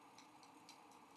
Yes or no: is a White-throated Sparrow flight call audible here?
no